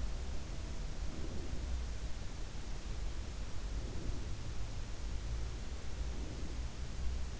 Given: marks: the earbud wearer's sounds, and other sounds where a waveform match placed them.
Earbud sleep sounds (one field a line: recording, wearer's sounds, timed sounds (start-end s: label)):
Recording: sounds in sleep by an in-ear microphone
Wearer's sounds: breath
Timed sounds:
0.00-2.04 s: breath
3.34-4.72 s: breath
5.43-6.91 s: breath